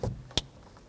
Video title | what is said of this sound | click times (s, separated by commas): How to Replace Dome Light Assembly 2005-2010 Pontiac G6 | there we go make sure it clicks and then I'm basically going to reverse the removal | 0.4 s